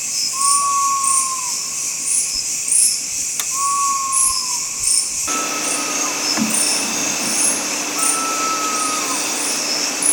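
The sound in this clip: Philippine eagle-owl, a few long whistled notes sliding down at the finish, set against continuous high cricket chirps; background hiss grows louder midway.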